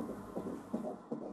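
Rapid, regular whooshing pulses over a steady Doppler hiss: a fetal heartbeat heard on ultrasound during a routine scan, played by the gynecologist for the parents, a fast rate typical before birth. Dramatized reconstruction.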